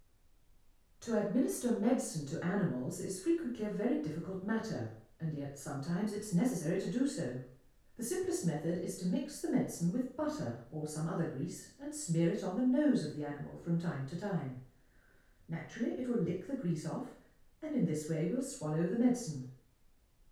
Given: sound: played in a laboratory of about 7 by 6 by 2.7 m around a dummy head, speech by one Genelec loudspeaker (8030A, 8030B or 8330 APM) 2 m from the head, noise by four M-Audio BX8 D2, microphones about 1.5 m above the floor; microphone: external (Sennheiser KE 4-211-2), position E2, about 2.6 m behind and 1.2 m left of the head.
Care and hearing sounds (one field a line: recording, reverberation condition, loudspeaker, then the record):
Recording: female speech in English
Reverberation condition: medium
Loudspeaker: 120 degrees to the right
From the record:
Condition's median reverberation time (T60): about 510 ms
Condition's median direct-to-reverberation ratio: about -0.5 dB